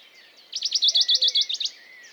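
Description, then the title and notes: Western Bonelli's warbler giving a single quick rattling trill of about ten notes, lasting just over a second, with faint bird calls behind. Dawn chorus, 6 May 2020, Piste aux espagnols, Valmaravel, Drôme; unpaired bird perched on a small pine branch, rapid courtship song to attract a female; Nagra Seven recorder, MKH40 microphone. "CHORUS DE BONELLI. 06 mai 2020-Piste aux espagnols - Valmaravel - Drôme - Nagra seven - mkh40 Le chorus (lever du jour des oiseaux) est très intéressant ce matin de mai par ce chant étonnant du Pouillot de Bonelli (Phylloscopus bonelli)"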